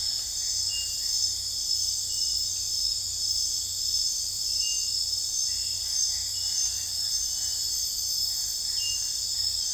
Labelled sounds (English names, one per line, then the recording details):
none
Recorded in secondary vegetation near Puerto Asís, Putumayo, Colombia, on 20 December 2024 at 23:30
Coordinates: 0.484, -76.319
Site GP06